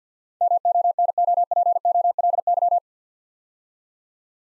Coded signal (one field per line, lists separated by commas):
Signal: Morse code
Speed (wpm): 48 wpm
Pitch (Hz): 700 Hz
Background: none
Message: MONOPOLY